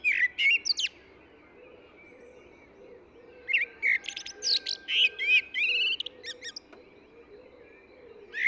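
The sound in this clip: Eurasian blackbird song in three bursts: short mellow warbles opening, then after a pause a longer jumble of fluty and scratchy twittering notes, and a brief start of another phrase at the end, with a low droning hum underneath.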